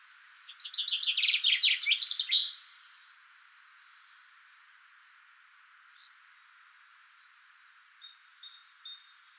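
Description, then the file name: Common chaffinch song: a loud, fast trill of chipping notes ending in a brief flourish, followed later by thin, high whistled notes. "Fringilla coelebs"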